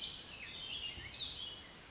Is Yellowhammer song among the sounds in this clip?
no